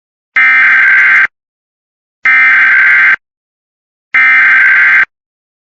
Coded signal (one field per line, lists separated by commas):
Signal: Emergency Alert System (SAME) tones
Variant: header bursts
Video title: Child abduction emergency Eas #5